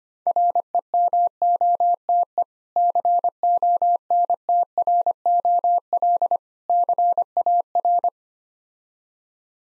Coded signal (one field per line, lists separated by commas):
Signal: Morse code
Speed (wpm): 25 wpm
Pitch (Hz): 700 Hz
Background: none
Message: REMOTE CONTROL CAR